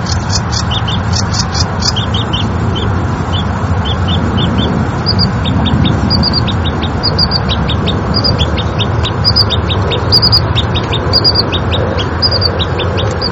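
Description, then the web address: Sedge warbler song: bursts of rapid, scratchy high notes and short repeated chirps, over a constant low rumble. Recorded in a park on 2 May 2007. "vogelsflevopark geluid rietzanger 070502"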